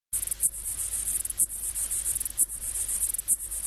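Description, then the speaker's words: Lesser water boatman stridulation song, a dense, very high continuous buzzing chirr with rhythmic pulsing, over a low background rumble. Male's mating call made by stridulation; about 100 decibels, loudest animal relative to body size; lives on ponds and lakes across Europe. "This is the song of the lesser water boatman."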